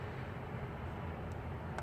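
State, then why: Not seated. A plastic wiring harness connector is handled near a fuel injector during an engine swap, with connectors fitted in order, over a steady low rumbling background. A brief, sharp sound comes right at the end, around 1.8 s, but the connector has not clicked in or seated yet.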